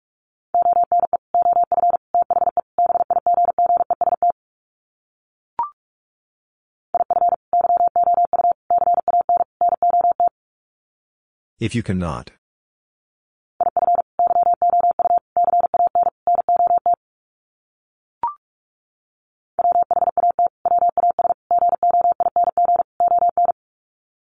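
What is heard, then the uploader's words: Morse code is sent as a steady mid-pitched tone, broken into rapid dots and dashes in four bursts of about three to four seconds each. Between bursts there are silent gaps, two faint short blips, and a brief hissy rustle near the middle. Sets of 4 Words 45wpm. First, the words are sent in Morse code.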